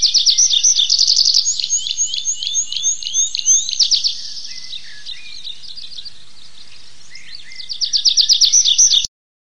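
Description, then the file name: Tree pipit singing a fast opening trill that shifts into a series of sliding, swooping notes, a quieter pause, then another quick rattling trill at the end. "lesnoj konek anthus trivialis"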